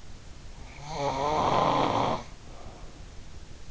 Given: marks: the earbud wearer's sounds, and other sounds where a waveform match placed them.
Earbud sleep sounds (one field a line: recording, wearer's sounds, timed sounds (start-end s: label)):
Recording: sounds in sleep by an in-ear microphone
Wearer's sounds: snoring breath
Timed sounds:
0.72-3.12 s: snoring breath